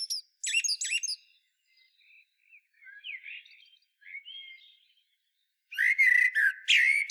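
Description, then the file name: Common blackbird giving thin high squeaks, then soft, slurred fluty whistles, silence, and a final loud phrase ending in scratchy twittering. "Turdus merula"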